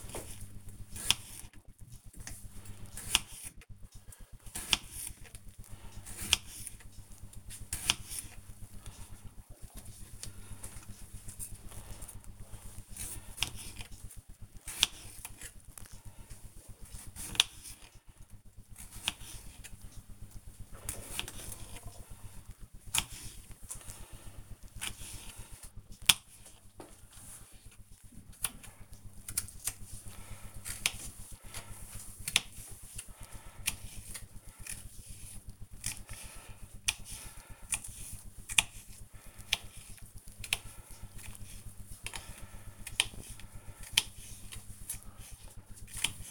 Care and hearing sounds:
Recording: household activities, microphone on the right wrist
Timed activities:
0.00-46.31 s: cutting vegetables

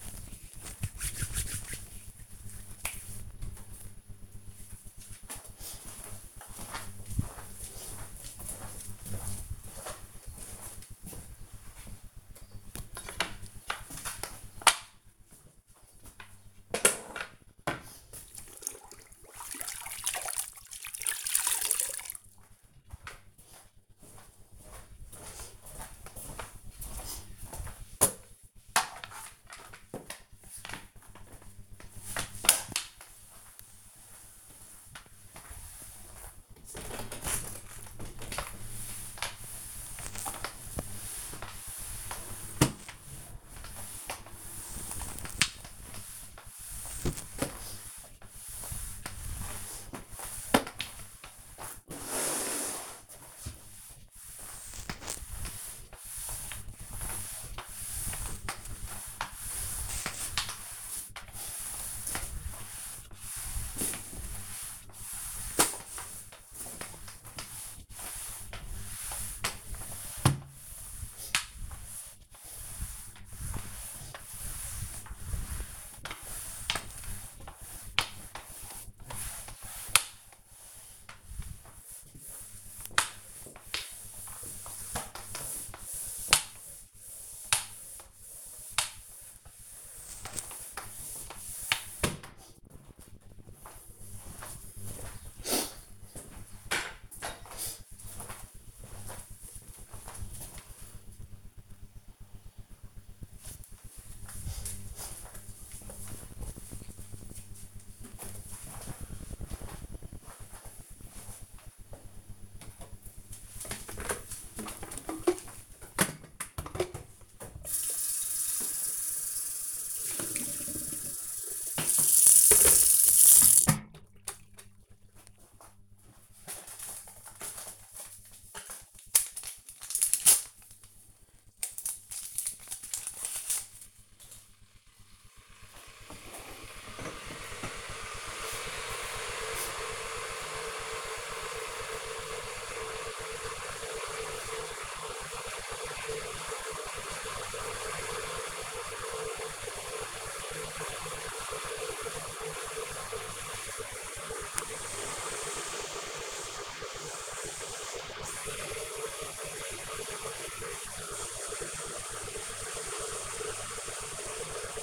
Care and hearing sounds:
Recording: household activities, microphone on the right wrist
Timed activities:
0.00-2.84 s: cream hands
11.89-92.38 s: floor cleaning
112.53-164.83 s: making tea

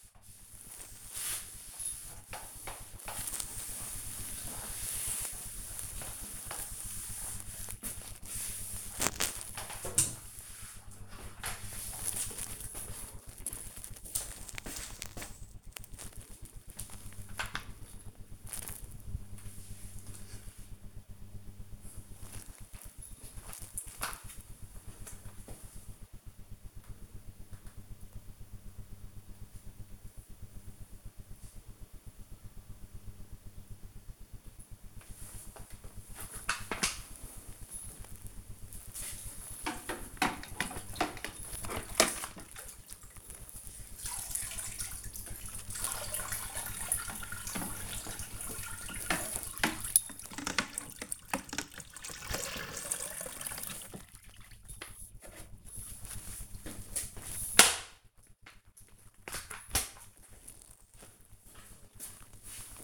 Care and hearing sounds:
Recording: household activities, microphone on the right wrist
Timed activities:
0.00-17.10 s: floor cleaning
35.24-62.84 s: floor cleaning

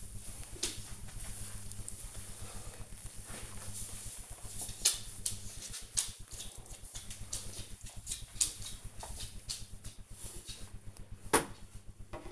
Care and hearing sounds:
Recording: household activities, microphone on the right wrist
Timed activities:
0.00-10.21 s: floor cleaning

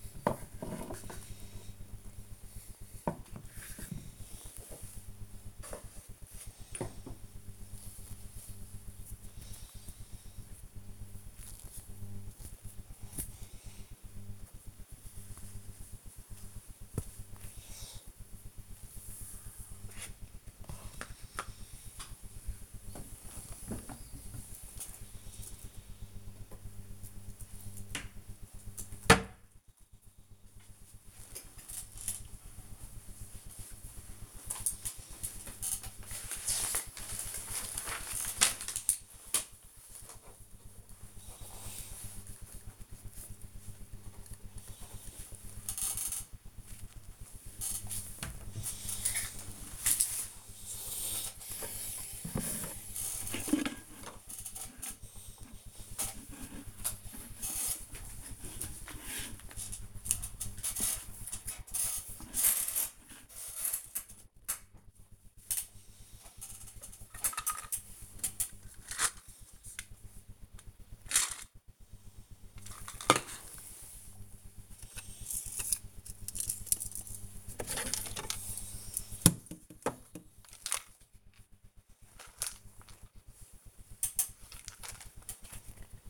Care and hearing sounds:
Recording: household activities, microphone on the right wrist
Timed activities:
0.00-25.46 s: tidy up the cupboard
51.63-86.09 s: tidy up the cupboard

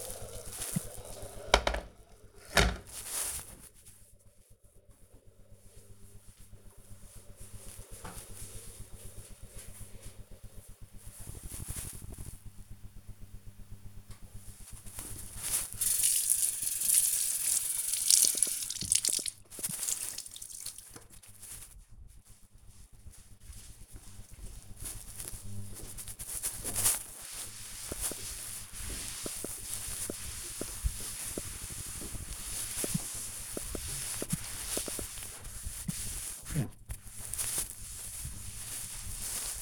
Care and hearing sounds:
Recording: household activities, microphone on the right wrist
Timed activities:
0.00-4.08 s: making tea
13.16-39.61 s: cleaning table

